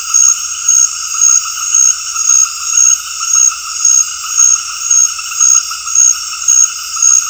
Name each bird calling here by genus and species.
none